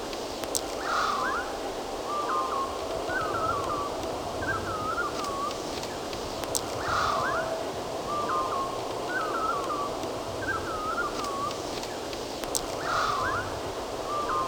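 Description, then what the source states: Bird singing, brief warbled phrases repeating steadily, with occasional clicks, over a continuous broad hum and hiss. Backyard birds singing.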